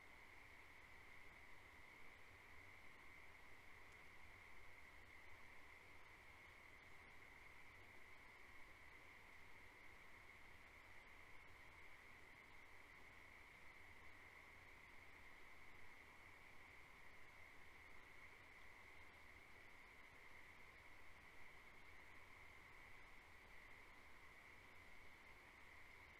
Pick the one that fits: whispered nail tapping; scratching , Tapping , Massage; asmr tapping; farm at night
farm at night